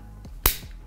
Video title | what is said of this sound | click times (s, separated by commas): How To Fix Short Wires In An Electrical Box | and that is a good secure audible connection so what you're looking | 0.5 s